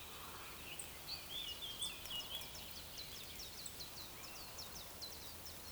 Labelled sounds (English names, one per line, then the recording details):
Eurasian Woodcock
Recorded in Baden-Württemberg, Germany, on 28 June 2020 at 03:51 UTC
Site 43791, 788 m above sea level